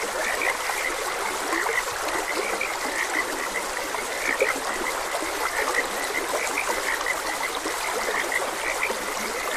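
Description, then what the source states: Frog croaks pulse steadily from many callers at once, layered over the even trickling sound of a stream. Frogs croaking beside a gentle stream.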